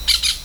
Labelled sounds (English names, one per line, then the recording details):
Brown-throated Parakeet contact call
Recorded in Venezuela
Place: Hato Matapalo, Bolívar
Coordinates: 7.356, -61.542